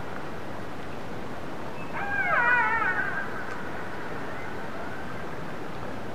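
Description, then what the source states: Orca call: one wavering harmonic call lasting about a second, with a faint tonal tail trailing afterward, against steady low underwater noise. Transient orca.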